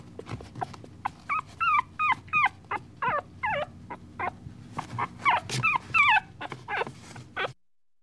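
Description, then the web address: Dog whimpering with quick, bending, high-pitched whines in bursts of several notes, ending abruptly in silence after about seven seconds. A puppy whining. "dog puppy whining animal"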